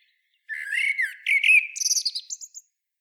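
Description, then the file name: Common blackbird song phrase: a low fluty warble sliding down, then a rising run of thin, high squeaky twitters that ends abruptly. "Turdus merula"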